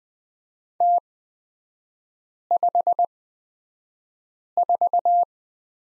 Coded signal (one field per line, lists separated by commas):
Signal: Morse code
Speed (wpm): 20 wpm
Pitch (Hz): 700 Hz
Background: none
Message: T54